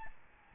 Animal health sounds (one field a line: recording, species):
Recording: mosquito wingbeat signal from an infrared sensor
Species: Aedes albopictus